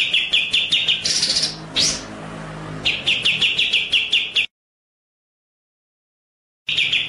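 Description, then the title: White-rumped shama song with fast repeated sharp-note runs and a harsh buzzy phrase, then a gap of silence before singing resumes. Masteran (training) track with the bird in full rolling, shooting song (ngerol nembak). "Masteran Murai Batu Full Ngerol Nembak"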